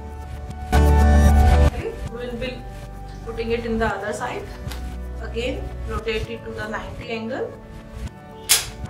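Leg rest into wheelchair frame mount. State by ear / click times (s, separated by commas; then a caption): seated / 8.5 s. A second leg rest for a MultiTech wheelchair is placed into the frame mount on the opposite side and rotated until it locks, while someone talks over background music. A sharp click at 8.5 s marks the leg rest seating into place.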